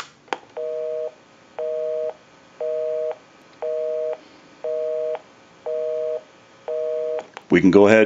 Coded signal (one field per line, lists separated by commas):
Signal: telephone call progress tone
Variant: North America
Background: speech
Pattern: busy tone